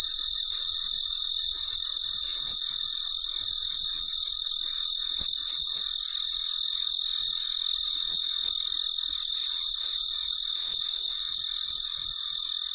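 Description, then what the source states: Cricket giving high, clipped chirps in a fast regular series, layered over a thin continuous whine. Recorded late at night, described as very quiet.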